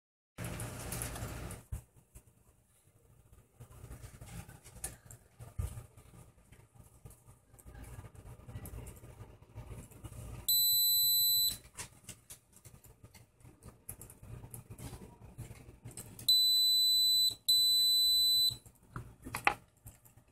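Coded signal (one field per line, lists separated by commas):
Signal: beep code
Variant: ATrack AX5 GPS tracker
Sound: one long high beep, later two long high beeps, with handling clicks and rustles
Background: handling noise, clicks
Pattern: 1 long; 2 long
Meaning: One long beep marks boot-up; two long beeps confirm G-sensor calibration after tilting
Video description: when booting up, AX5 will have 1 long beep; then tilt slowly in one direction, will have 2 long beeps around 3~5 seconds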